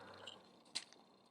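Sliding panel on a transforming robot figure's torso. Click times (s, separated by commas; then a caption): 0.3 s, 0.8 s. A plastic panel on a slider on a transforming robot figure's torso is pushed down as far as it will go, giving two clicks at 0.3 s and 0.8 s, the second louder and sharper. The panel is seated in position. No one talks in this clip.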